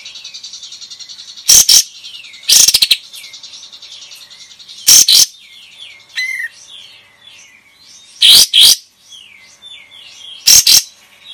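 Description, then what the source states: Bulbul repeating loud doubled harsh notes and a stuttering rattle, with a brief whistled note and constant high chattering in the background. Singing vigorously, in the gacor style.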